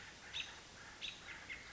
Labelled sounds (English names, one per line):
American Robin